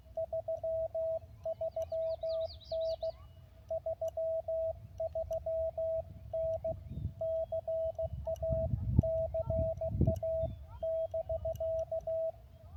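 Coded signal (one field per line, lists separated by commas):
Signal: Morse code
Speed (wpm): 16 wpm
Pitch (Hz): 650 Hz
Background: radio noise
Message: 33N 33N CA CA <BK>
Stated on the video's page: Parks on the Air activation at US-4463, San Bernardino National Forest, in the mountains.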